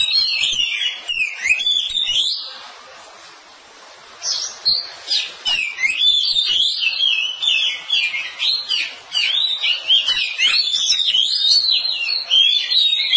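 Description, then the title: Oriental magpie-robin delivering long, varied song: rapid sweet whistles and chattering trills, a brief quiet spell near the start, then steady unbroken phrases. Long-duration song. "Kacer Durasi Panjang"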